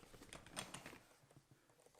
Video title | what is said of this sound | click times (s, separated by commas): Assembling the Godox 37" Octagon Softbox - No instructions included! | They just pop in and turn it clockwise until you hear a click. Then it's in there. | 0.6 s